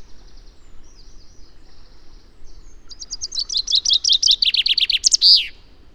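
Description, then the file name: Common chaffinch: faint high notes, then a Common chaffinch bursts into a rapid, falling trill of sweet notes that closes with an emphatic flourish. "Fringilla coelebs"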